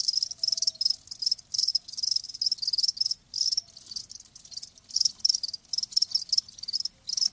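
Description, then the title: Crickets chirping in dense high bursts, nearly continuous with brief gaps, at a steady rhythm. Crickets chirping, presented as lulling sleep sounds. "Live Crickets Chirping"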